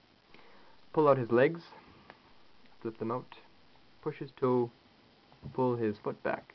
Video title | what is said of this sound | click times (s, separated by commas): Beast Wars Takara Telemocha 10th Anniversary Dinobot Review | flip up his uh pelvic area and his butt put that on his back you'll hear a little snap | 0.3 s